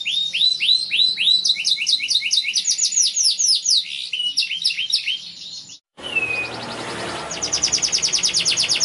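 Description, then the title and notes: Canary singing fast chattering trills of sweeping notes for about six seconds, a brief break, then a short whistle and a high buzzy trill. Young canary song used as a lure to train other birds (masteran). "Pancingan Kenari Muda. masteran kenari"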